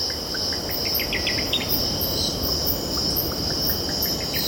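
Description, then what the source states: Cicadas droning steadily at high pitch while a bird gives rapid clusters of short chirps, over a constant soft surf-like rumble. Cicadas stridulating, with birds calling and distant ocean in background.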